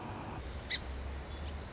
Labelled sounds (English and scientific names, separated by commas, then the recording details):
Song Sparrow (Melospiza melodia)
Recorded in Sonoma County, California